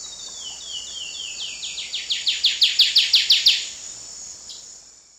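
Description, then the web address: Buff-rumped warbler song opening with a few soft slurred notes, then a series of strong, evenly spaced downward notes building in volume before stopping abruptly. A continuous high shrill tone sounds throughout. Eastern lowlands of South America. "Natures Songs S America Eastern Lowlands Buff-rumped Warbler"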